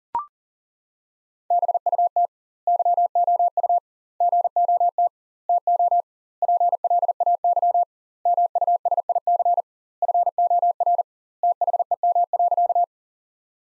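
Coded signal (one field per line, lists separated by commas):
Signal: Morse code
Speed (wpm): 37 wpm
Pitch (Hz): 700 Hz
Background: none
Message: BUT YOU GOT TO PLAY MUSIC FOR THEM.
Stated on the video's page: Morse practice sentences built from the top 300 words, sent at 40 wpm with twice the standard word spacing, a word-level Farnsworth-style approach.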